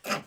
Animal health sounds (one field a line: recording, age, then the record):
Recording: pig call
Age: piglet (1 to 25 days)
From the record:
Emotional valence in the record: negative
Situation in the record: restrain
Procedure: back test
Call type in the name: low-frequency call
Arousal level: medium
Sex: male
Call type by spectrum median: low-frequency call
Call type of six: low-frequency modulated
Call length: 0.27 s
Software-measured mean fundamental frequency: 76 Hz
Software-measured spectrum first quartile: 836 Hz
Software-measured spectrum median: 1718 Hz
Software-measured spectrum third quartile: 3676 Hz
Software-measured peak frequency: 592 Hz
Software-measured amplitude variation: 235 dB a second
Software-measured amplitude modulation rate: 1.8 a second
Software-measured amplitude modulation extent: 127.1 dB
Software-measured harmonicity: -0.2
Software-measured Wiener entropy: -1.13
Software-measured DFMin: 986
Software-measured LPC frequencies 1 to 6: 639, 1361, 2211, 2696, 4839, 5085 Hz